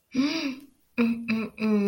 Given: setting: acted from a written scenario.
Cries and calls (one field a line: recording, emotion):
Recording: vocal sound without words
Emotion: shame